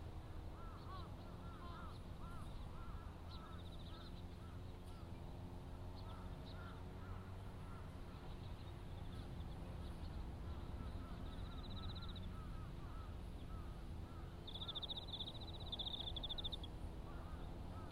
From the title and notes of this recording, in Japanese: 環境音 機械音あり サツマイモ畑の草刈り。サツマイモの畝間を行ったり来たり、ひたすら草刈り機で草刈りです。